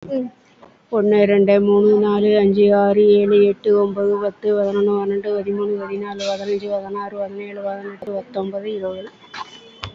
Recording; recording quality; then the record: counting at a fast pace; excellent, no background noise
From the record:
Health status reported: COVID-19 positive, mild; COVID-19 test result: positive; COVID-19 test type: RT-PCR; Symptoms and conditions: cold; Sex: female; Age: 65 years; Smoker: no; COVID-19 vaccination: both doses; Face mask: worn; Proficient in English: yes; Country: India